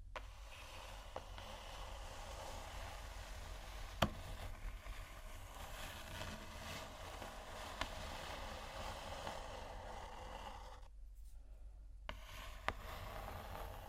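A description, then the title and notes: Slow, deep, soft scratching runs almost without pause, a dense low rumble under a grainy rasp. Sharp little clicks break through near 4, 8 and 13 seconds, and the scratching briefly thins out and goes quieter just before the 12-second mark. Slow, Deep & Soft Scratching (No Talking).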